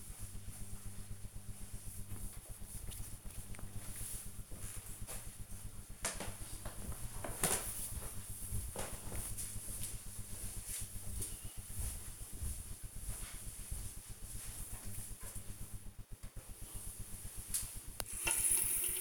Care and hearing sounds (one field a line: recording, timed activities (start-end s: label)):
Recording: household activities, microphone on the right wrist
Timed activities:
0.00-1.73 s: cleaning table
15.83-19.01 s: washing hands